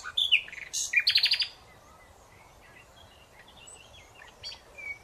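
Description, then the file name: Common nightingale song phrase: a quick jumble of sharp notes and a fast buzzy trill early on, followed by faint chirps and soft background hiss. "Luscinia megarhynchos"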